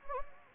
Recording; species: mosquito wingbeat signal from an infrared sensor; Anopheles gambiae